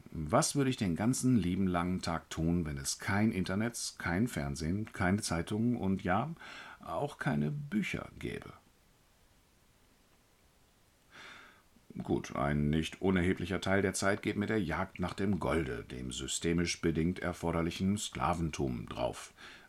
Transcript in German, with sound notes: Was würde ich den ganzen lieben langen Tag lang tun, wenn es kein Internetz, kein Fernsehen, keine Zeitungen und ja, auch keine Bücher gäbe? [kleine Pause zur Denkgelegenheit] Gut. Ein nicht unerheblicher Teil der Zeit geht mit der Jagd nach dem Golde, dem systemisch bedingt erforderlichen Sklaventum, drauf.